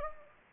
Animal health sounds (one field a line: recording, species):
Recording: mosquito wingbeat signal from an infrared sensor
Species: Anopheles gambiae